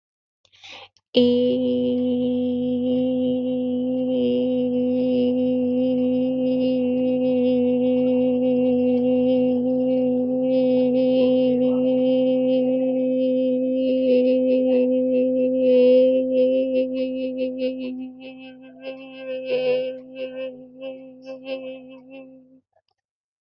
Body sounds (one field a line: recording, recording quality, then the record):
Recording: sustained vowel as in made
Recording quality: excellent, no background noise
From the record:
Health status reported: healthy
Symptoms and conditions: none ticked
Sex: female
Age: 31 years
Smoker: not ticked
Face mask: not worn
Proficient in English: yes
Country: India